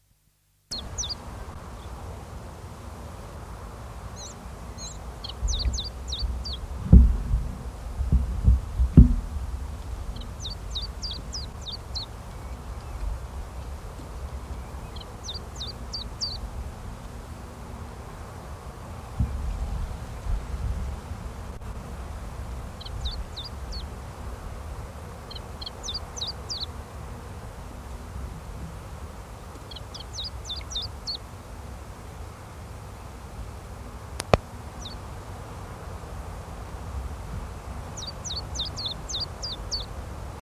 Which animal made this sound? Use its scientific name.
Phoenicurus phoenicurus